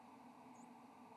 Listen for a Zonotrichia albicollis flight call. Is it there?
no